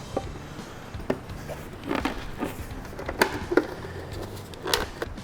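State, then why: Seated. A plastic Oracle LED light module is pressed into the housing of an off-road side mirror for a Jeep Wrangler JL / Gladiator JT while its cable is pulled through. Sharp snaps ring out at 1.1, 3.2 and 4.7 seconds over soft handling noise, and the module ends up seated in the mirror housing.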